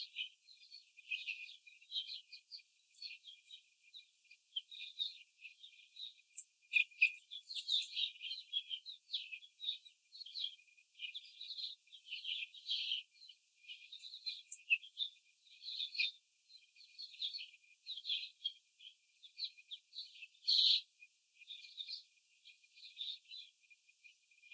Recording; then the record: young laying hens in a cage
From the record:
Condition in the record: after the stressor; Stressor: simulated dog barking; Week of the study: 4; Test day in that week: 3